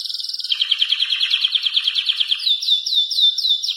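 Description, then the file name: German crested canary singing a fast rolling trill that gives way to a quick series of clear, slurred whistles. "canto do canario topete alemao"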